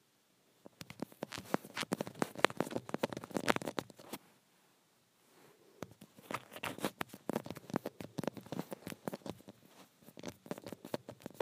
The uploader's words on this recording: ASMR Acrylic Nails on Phone Screen.